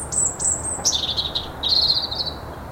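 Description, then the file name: European robin singing very high, thin notes that drop into a trilling, warbled phrase, then a second sweet run near the end. "Erithacus rubecula"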